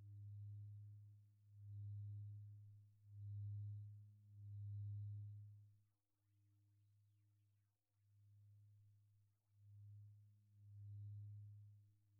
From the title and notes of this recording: 7 Chakra Continuous Meditation with 21 Antique Tibetan Singing Bowls.